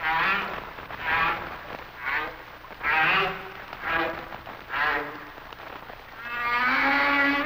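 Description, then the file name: Humpback whale song: short pulsed, harmonic units repeated about every second, ending in a longer tonal moan. "Sounds of Nature - Humpback Whales"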